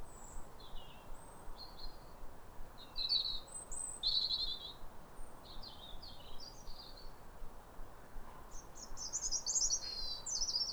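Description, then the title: European robin song: a run of high, thin warbling phrases with short gaps, ending in a denser tinkling passage, over soft steady noise. Pair of robins in neighbouring gardens singing a duet at a clear, calm rosy sunrise on New Year in winter, after weeks of rain. "Sound Escape 150: Be uplifted by a chorus of New Year's robins"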